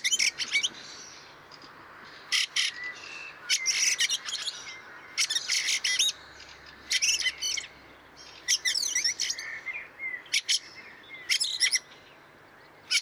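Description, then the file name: Fieldfare making repeated coarse chack-chack bursts at irregular intervals, with softer squeaky warbling notes woven between them. Recorded 26 April 2014. "Wacholderdrossel 26 04 2014 Wank GAR Michle Pron"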